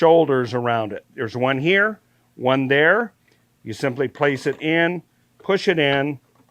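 Someone talks while placing the inner part of a string trimmer bump-feed head between its two shoulders and pushing it into the head housing. Nothing has seated or clicked yet.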